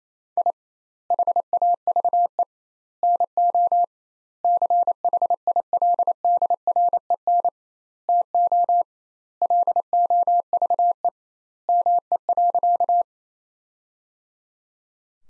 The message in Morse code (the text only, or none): I HAVE NO CHILDREN TO LOVE ME.